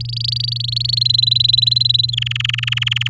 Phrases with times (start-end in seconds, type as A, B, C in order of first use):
0.00-0.99 A, 1.01-2.11 B, 2.12-3.08 C